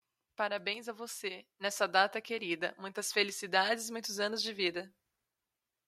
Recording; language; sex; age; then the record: short text; Brazilian Portuguese; female; 20 to 29 years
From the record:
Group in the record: control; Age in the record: 29 years